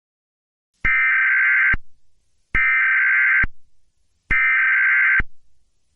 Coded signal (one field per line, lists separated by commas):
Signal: Emergency Alert System (SAME) tones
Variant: header bursts